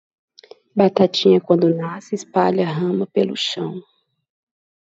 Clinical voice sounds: short text; Brazilian Portuguese; female; 30 to 39 years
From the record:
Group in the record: control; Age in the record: 39 years

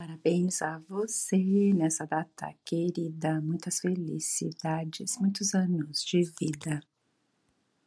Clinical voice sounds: short text; Brazilian Portuguese; female; 60 to 69 years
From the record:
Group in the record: control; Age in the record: 60 years

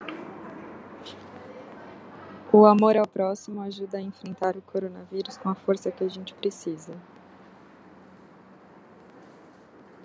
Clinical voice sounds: spoken sentence; Brazilian Portuguese; female; 20 to 29 years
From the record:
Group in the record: control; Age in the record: 29 years

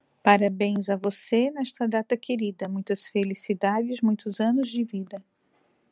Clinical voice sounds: short text; Brazilian Portuguese; female; 40 to 49 years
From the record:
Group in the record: control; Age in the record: 43 years

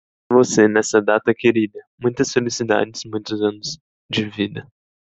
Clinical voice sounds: short text; Brazilian Portuguese; male; 18 to 19 years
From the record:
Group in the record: control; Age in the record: 19 years

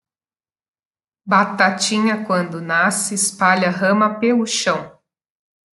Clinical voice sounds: short text; Brazilian Portuguese; female; 30 to 39 years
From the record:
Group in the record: control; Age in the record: 35 years

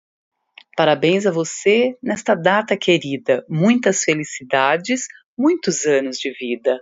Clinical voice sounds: short text; Brazilian Portuguese; female; 50 to 59 years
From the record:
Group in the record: control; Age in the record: 50 years

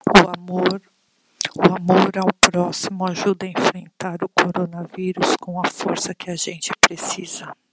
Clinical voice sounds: spoken sentence; Brazilian Portuguese; female; 50 to 59 years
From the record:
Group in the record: control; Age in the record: 51 years

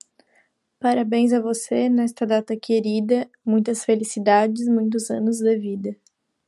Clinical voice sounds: short text; Brazilian Portuguese; female; 20 to 29 years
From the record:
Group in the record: control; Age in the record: 21 years

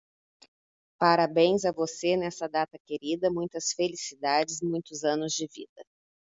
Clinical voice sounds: short text; Brazilian Portuguese; female; 40 to 49 years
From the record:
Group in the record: control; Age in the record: 46 years

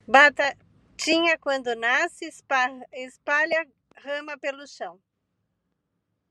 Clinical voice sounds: short text; Brazilian Portuguese; female; 50 to 59 years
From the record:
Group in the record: control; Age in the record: 57 years

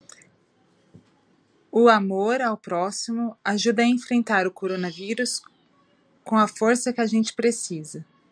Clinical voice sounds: spoken sentence; Brazilian Portuguese; female; 40 to 49 years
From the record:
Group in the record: control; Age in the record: 40 years

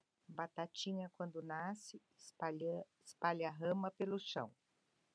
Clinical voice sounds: short text; Brazilian Portuguese; female; 70 to 79 years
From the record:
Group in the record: control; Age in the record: 70 years

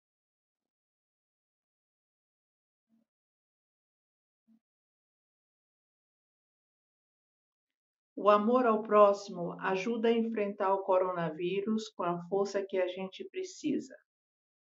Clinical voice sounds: spoken sentence; Brazilian Portuguese; female; 70 to 79 years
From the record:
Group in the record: control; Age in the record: 71 years

